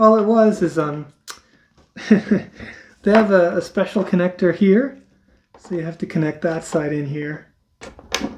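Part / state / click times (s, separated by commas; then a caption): cable connector into its matching socket in a PC build / seated / 8.1 s. Someone talks while reseating a special cable connector that had not been fully in, pushing it into its matching socket in a PC build. A few small ticks lead into a sharp snap at 8.1 s as the connector seats.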